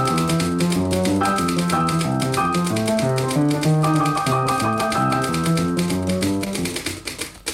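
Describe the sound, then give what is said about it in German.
Rapid, steady typewriter key clacks tap along over a lively piano melody, with no voices, from the 1952 RIAS radio programme »Schreibmaschine und Klavier« by cabaret artists two cabaret artists. The music trails off and the clicks thin out at the end. “Selbst die Kabarettisten … machten sich in der RIAS-Sendung »Schreibmaschine und Klavier« 1952 ihren Reim auf die Knef.”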